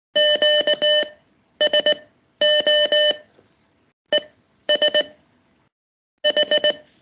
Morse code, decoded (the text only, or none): QSO ES H